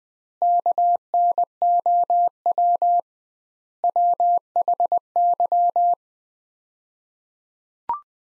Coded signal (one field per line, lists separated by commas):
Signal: Morse code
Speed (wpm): 20 wpm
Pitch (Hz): 700 Hz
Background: none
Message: KNOW WHY